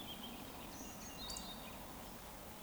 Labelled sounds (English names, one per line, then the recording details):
Eurasian Woodcock
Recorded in Baden-Württemberg, Germany, on 16 June 2020 at 20:03 UTC
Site 14569, 102 m above sea level